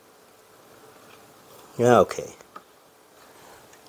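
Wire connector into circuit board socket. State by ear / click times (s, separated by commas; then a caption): seated / 2.6 s. A wire connector with little side clips is pushed into a circuit board socket on a Fanhome R2-D2 build, stages 95 to 98. Someone talks briefly, then a short, sharp click at 2.6 s shows the connector seating into place.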